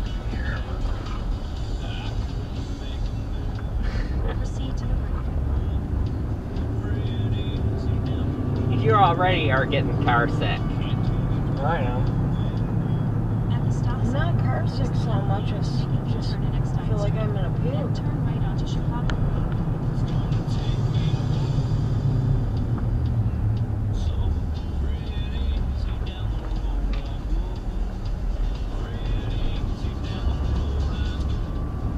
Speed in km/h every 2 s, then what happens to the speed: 18, 19, 23, 32, 52, 58, 58, 55, 53, 55, 50, 39, 23, 13, 23, 27.
0-10 speeds up to 58. 10-19 steady at about 55. 19-25 brakes to 13.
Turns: 0-6, 24-32.